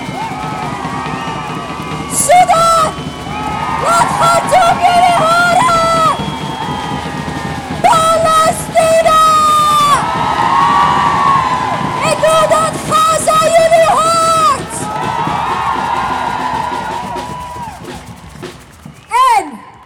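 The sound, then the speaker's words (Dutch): A large crowd of protesters at a feminist march on International Women's Day, 8 March 2026, shouts and cheers loudly in sustained waves, with overlapping yells and whoops rising and falling over about twenty seconds before cutting off abruptly. “Wanneer ik deze plekken noem, wanneer ik een land noem die nu illegaal gebombardeerd wordt, wil ik jullie luid horen schreeuwen.”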